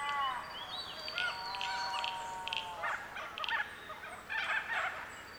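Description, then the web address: Birdsong chorus with long level whistled notes and gliding slurs at the start, then bursts of rapid chirps and twittering from several birds. Birdsong chorus recorded in Central Victoria, Australia. "andrewskeoch. Central Victorian Birdsong Chorus"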